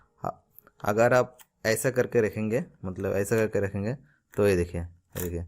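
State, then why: Not seated. A RAM module sits in the SO-DIMM slot of a Lenovo Ideapad 330 Ryzen 5 laptop without its clips catching, and it springs back out because it is not properly locked. Someone talks throughout, with a few brief faint ticks near the start. Nothing has seated or clicked yet.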